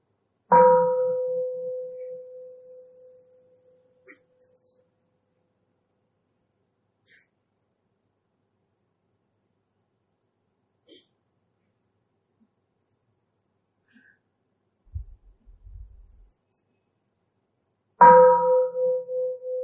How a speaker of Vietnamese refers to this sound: Đó là chúng ta thực tập tiếng chuông chánh niệm.